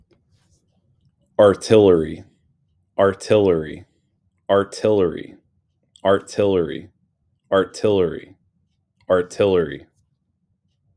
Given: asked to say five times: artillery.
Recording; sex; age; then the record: repeated word; male; 30 to 39 years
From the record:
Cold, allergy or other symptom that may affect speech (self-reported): no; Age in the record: 35 years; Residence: Pennsylvania, United States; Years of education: 16